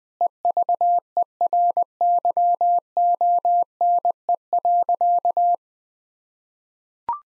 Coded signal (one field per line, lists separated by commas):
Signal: Morse code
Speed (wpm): 20 wpm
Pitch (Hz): 700 Hz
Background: none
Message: EVERYONE.